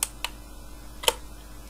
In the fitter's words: There we go. That's it done. You hear that click? That's the RAM installed.